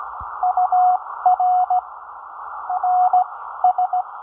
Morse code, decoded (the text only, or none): UR NS